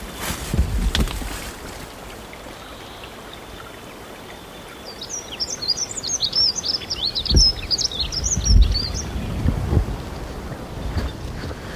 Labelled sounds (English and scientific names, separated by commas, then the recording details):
Dunnock (Prunella modularis) song
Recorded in the wild
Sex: male
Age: adult
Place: Halbinsel Kindo, Karelien, RU
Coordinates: 66.55, 33.1
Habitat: taiga
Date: 1996-06-21
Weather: fair, few clouds, ca. 6-8°C
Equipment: Sony WM-D6C, Sennheiser MKH 70, Windkorb, Kopie Revox C 270
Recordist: Frommolt, Karl-Heinz